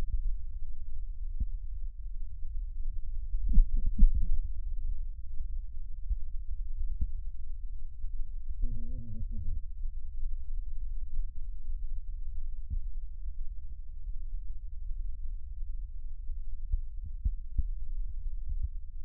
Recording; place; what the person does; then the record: lung sounds by stethoscope; left posterior basal chest; quiet breathing, then cough and speech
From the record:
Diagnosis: COPD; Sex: male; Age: 80 years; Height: 171 cm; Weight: 75 kg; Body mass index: 25.6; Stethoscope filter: bell mode